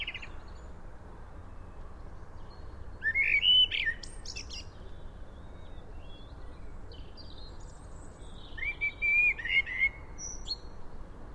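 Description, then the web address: Common blackbird singing two well-spaced phrases of rising and falling fluty whistles with high twittery endings, the bursts widely separated against a steady hiss. "SETE Turdus merula"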